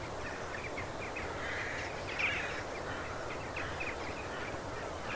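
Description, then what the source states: Crows calling, harsh caws coming in short bursts over a steady rushing background noise, with a louder cluster of calls near the middle. Crows in a field.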